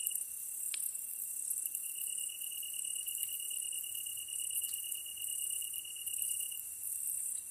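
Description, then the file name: Tree cricket song, a smooth sustained high trill with a faint click near the start, set against shimmering higher insect calls. Kantan recorded together with ezotsuyumushi on 15 August 2010 at 22:39 at night, with a DH-D50. "kantan ezotuyumusi 20100815-2239"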